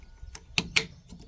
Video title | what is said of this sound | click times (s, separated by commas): We're going solar at our tiny off-grid cabin | Like so. That snaps in place. That's pretty good and positive. | 0.6 s, 0.8 s